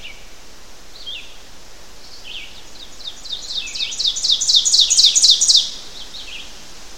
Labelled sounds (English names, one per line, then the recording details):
Ovenbird song
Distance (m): 5 m
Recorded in boreal forest in Alberta, Canada, on 12 June 2016 at 05:57
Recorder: SongMeter 3, array SBT-3-18
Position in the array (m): 231 m, 89 m
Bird 31